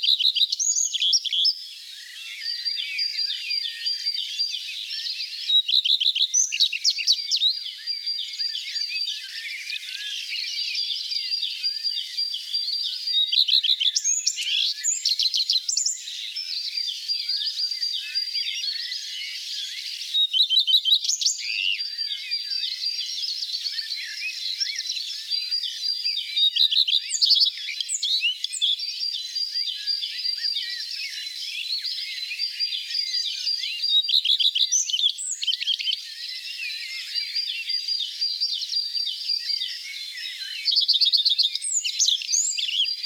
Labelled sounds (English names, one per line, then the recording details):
Common Redstart song
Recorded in the wild
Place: Oberrotweil am Kaiserstuhl, Baden-Württemberg, DE
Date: 1989-05-27
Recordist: Schwarz, Dieter